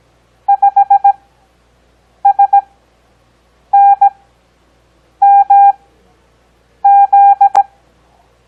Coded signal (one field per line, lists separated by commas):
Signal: Morse code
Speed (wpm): 17 wpm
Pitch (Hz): 800 Hz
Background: none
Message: 5SNMZ